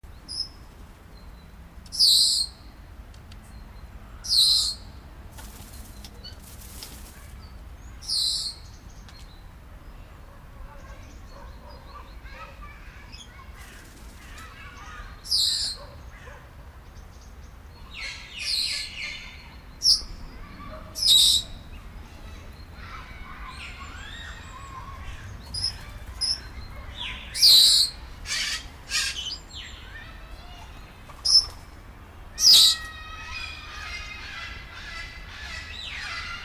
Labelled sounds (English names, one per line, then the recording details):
Senegal Parrot call
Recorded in captivity
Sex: group
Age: adult
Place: Tiergarten Wilhelma/Stuttgart, Baden-Württemberg, DE
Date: 1998-10-02 17:10
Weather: bedeckt, ca. 14°C
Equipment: Sony MD-WM MZ-R3, Sennheiser MKH 416 T, Kopie Uher 4000 Report Monitor
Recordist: Tembrock, Günter
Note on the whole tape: Gruppe: Laute